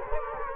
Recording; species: mosquito wingbeat signal from an infrared sensor; Culex quinquefasciatus